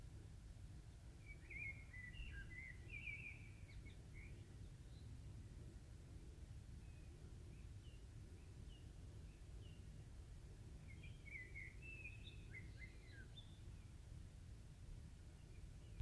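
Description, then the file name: Bird chirps and twitters in two scattered bursts, early and later, above constant low-frequency background noise. "fugl"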